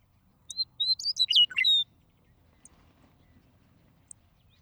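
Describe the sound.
Western meadowlark delivering one rich phrase of whistles and gurgling notes that drop in pitch near the end, followed by several seconds of quiet with a couple of faint ticks and low background rumble.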